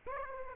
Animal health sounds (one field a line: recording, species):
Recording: mosquito wingbeat signal from an infrared sensor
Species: Aedes aegypti